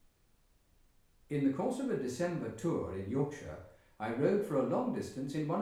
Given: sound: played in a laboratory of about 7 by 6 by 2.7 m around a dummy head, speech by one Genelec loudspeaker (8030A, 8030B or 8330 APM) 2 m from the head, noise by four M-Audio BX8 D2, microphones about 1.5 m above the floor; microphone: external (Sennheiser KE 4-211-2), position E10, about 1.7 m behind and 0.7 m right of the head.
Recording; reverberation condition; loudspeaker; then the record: male speech in English; medium; 150 degrees to the left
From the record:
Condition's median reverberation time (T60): about 510 ms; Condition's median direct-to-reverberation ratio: about -0.5 dB